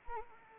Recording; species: mosquito wingbeat signal from an infrared sensor; Anopheles arabiensis